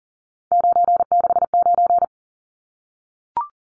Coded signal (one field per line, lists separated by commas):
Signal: Morse code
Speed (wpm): 40 wpm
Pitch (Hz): 700 Hz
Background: none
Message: 969